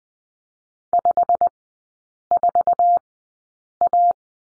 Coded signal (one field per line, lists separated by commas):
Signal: Morse code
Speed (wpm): 20 wpm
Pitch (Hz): 700 Hz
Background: none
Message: 54A